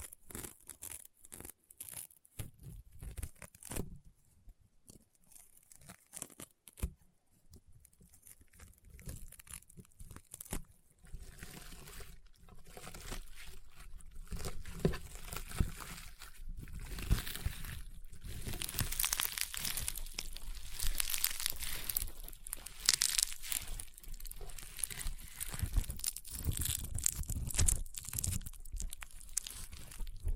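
Rainbow honeycomb slime gives sparse crunchy pops at first, then from about eleven seconds dense, bright crackling and crinkling builds steadily louder.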